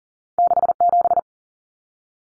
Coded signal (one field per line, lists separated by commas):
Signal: Morse code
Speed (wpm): 40 wpm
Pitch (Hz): 700 Hz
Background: none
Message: 67